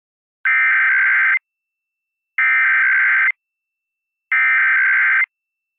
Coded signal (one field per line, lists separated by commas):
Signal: Emergency Alert System (SAME) tones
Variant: header bursts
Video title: EAS During Hero Elementary (9-5-23 KACV-DT1)